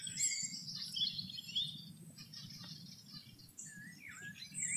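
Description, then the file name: Bird chirps and short twittering notes, sparse and scattered, partly masked by a steady low droning hum. "birds singing"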